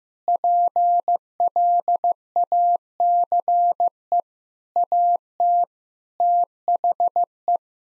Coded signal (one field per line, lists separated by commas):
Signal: Morse code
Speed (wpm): 15 wpm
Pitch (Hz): 700 Hz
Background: none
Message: PLACE AT THE